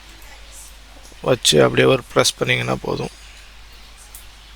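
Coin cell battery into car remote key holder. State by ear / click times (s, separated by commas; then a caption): seated / 4.2 s. A CR2032 coin cell battery is placed into the holder of a Suzuki car remote key and pressed down into place with a single press. Someone talks from about 1.2 to 3.1 seconds, then a soft click is heard at 4.2 seconds as the battery seats, confirming it is installed.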